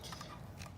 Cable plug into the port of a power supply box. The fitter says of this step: so you're gonna go ahead in the larger side plug in your larger cord and it will just click right in there okay